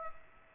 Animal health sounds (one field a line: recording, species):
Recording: mosquito wingbeat signal from an infrared sensor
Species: Aedes aegypti